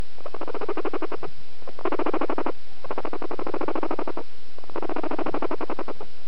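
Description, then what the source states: Guinea pig making rapidly pulsed rattling bursts, four of them of varying length, separated by short pauses. Keep-away call.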